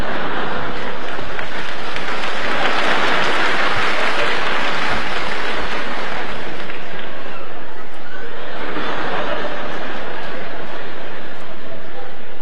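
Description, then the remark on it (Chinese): An audience breaks into sustained applause, a dense, loud wash of many hands clapping that swells twice before easing, with a faint murmur of voices underneath. “哎呀，亲爱的观众还真热情啊，我爸爸都半身不遂了，您还鼓掌呢。”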